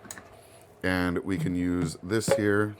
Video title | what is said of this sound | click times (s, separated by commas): This 2000W Blender CRUSHES Ice Like Nothing Else! - LAMPICK Blender Review | Then when we want to push ice or things down, all we do is we pop this top off. | 0.1 s